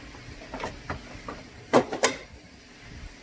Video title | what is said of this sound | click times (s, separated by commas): BMW N51 EAC Radiator Replacement Step-by-Step - Save Hundreds on Repairs! (Part 1) | Boom, when you hear that snap, you're good. You're golden. | 2.0 s